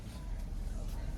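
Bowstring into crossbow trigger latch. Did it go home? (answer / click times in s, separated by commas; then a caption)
no / none. A Ten Point Venom X crossbow is being cocked with its hooked-up cocking sled, drawing the bowstring back toward the trigger latch. A steady low rumble with faint broadband noise is heard throughout. Nothing has seated or clicked yet; the string has not latched into the trigger.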